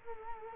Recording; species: mosquito wingbeat signal from an infrared sensor; Culex quinquefasciatus